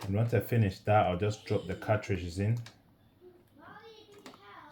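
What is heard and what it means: Someone talks, then quiet handling follows as plastic ink cartridges are dropped into the carriage of an L1800 DTF printer after cleaning during daily maintenance. Two brief sharp taps sound near 4.3 seconds. No cartridge has seated or clicked home yet.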